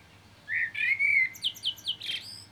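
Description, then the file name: Common blackbird phrase: a rich, fluted warble sliding gently, then a few quick high chirps ending in a scratchy squeak. "Turdus merula"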